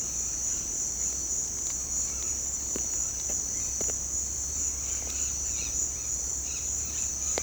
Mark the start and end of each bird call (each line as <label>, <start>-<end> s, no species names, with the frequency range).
bird call (0.8-5.4 kHz), 4.71-7.42 s